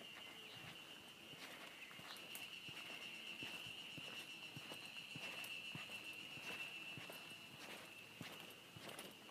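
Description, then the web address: Ezo harusemi cicada giving an unbroken high buzzing note throughout, over a steady pattering of footsteps. Recorded just short of Mount Tanzawa on 1 June 2015. "2015 06 01 エゾハルゼミ丹沢山手前"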